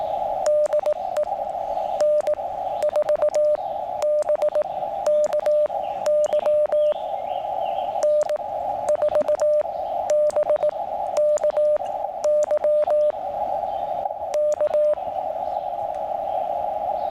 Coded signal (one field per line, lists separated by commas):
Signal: Morse code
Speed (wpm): 18 wpm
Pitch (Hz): 600 Hz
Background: radio noise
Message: DE N4BKY N4BKY K